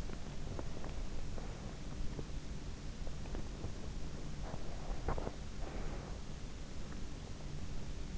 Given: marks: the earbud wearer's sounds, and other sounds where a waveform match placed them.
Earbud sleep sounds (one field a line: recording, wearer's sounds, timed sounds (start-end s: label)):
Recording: sounds in sleep by an in-ear microphone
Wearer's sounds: teeth grinding, breath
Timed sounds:
0.00-3.99 s: teeth grinding
4.44-6.29 s: breath